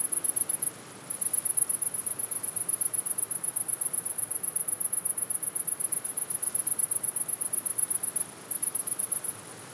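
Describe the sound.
Cricket producing a nearly continuous high, pulsing chirp, breaking only briefly near the start and near eight seconds, with soft hiss behind.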